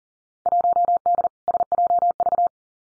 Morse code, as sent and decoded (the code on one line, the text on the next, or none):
.---- -.. / ... .--- ...-
1D SJV